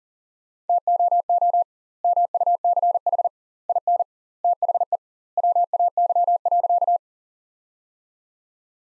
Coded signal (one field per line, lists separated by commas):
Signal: Morse code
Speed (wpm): 37 wpm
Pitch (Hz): 700 Hz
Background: none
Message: TOO MUCH IN THE WAY.